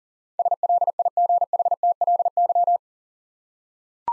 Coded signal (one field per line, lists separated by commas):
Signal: Morse code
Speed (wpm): 40 wpm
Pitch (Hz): 700 Hz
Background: none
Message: SLIGHTLY